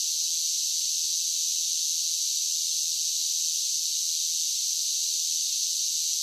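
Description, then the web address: Cicadas in a dense chorus, a steady unbroken hissing drone high in pitch that neither rises nor falls, with no other sounds. Large group of cicadas singing as a steady drone. "Blast Wave SSFX Cicadas Sing. cicadas large group steady drone insects bugs"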